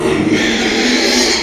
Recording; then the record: squeal of a Yucatan mini pig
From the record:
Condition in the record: after surgery on the right vocal fold (resection and tissue-engineered implant); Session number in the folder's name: 2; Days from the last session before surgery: 13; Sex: male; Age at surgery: 12 weeks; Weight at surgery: 13 kg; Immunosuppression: cyclosporine, prednisolone